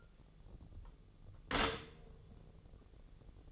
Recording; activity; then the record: daily activity, microphone in the room; stop toaster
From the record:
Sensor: 4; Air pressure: 1001.0 hPa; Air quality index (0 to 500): 164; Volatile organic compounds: 2 ppm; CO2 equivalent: 1195 ppm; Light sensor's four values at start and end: 21/49/20/21 and 18/41/17/18